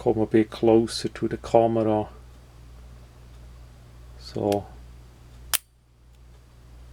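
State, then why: Seated. Someone talks as a Tekna micro knife with a switchblade design has its blade opened again, held closer. A single sharp click sounds at 5.6 s as the blade locks open in its handle, followed by quiet.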